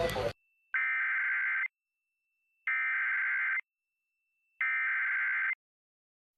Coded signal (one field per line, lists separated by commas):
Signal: Emergency Alert System (SAME) tones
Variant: header bursts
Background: speech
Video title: Early morning major flood warnings EAS #34(11-12-2021)